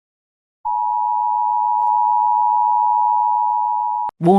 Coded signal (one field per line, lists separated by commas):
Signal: Emergency Alert System (SAME) tones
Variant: 853 and 960 Hz attention tone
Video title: WW3 EAS Part 5A: Fractured